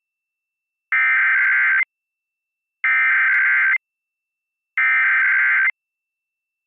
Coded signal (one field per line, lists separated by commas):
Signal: Emergency Alert System (SAME) tones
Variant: header bursts